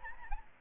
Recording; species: mosquito wingbeat signal from an infrared sensor; Aedes albopictus